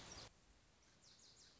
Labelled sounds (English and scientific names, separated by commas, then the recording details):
Lazuli Bunting (Passerina amoena)
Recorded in Sonoma County, California